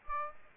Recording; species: mosquito wingbeat signal from an infrared sensor; Aedes aegypti